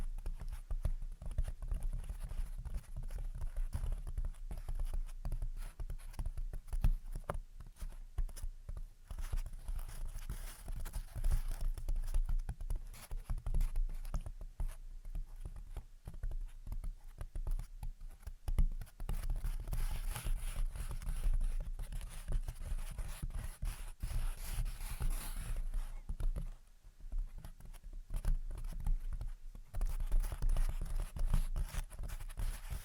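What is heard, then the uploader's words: Gentle tapping and scratching goes on steadily throughout, dense and irregular, with a low rumble underneath and a brief dip near twenty-six seconds. Gentle Tapping and Scratching. (No Talking).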